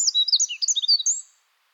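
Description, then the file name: Eurasian wren giving a rapid string of high, clear, slurred whistles and chips lasting just over a second, then quiet. "Troglodytes troglodytes"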